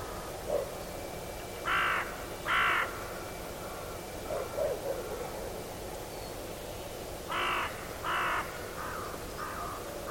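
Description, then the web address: Bird giving harsh caws in pairs, two calls early and two more later, with quieter notes between, against steady background noise. "Deverinetal 2025 File origin Bird Only"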